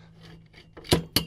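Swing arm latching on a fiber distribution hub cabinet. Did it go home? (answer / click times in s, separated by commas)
yes / 0.9 s, 1.2 s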